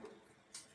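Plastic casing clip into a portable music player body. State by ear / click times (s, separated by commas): seated / 0.6 s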